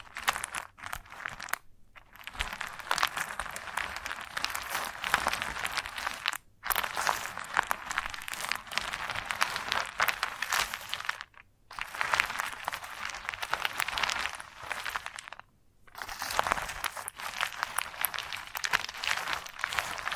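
Chalk scratching and scraping in dense, gritty bursts, mostly bright and crackly with little low end. The texture stays busy and rough, broken by short silent gaps near 2, 6.5, 11.5 and 15.5 seconds before the scraping resumes.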